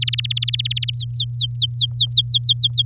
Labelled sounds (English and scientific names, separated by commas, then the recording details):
Domestic Canary (Serinus canaria) song
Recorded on 6 May 2018 at 16:09
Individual llb16